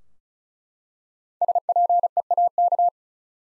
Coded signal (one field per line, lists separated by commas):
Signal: Morse code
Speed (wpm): 36 wpm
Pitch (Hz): 700 Hz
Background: none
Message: SPEAK